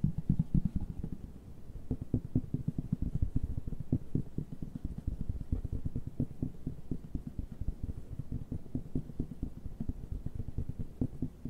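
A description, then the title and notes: Fast, dense tapping continues without pause, dull and low-pitched, with quick uneven strikes packed tightly together. ASMR TAPPING NO TALKING, ASMR TAPPING FAST, ASMR TAPPING AGRESSIVE, ASMR TAPPING AROUND.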